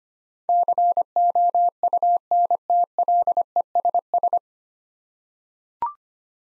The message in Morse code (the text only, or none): COUNTLESS